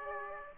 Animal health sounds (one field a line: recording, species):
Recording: mosquito wingbeat signal from an infrared sensor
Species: Aedes aegypti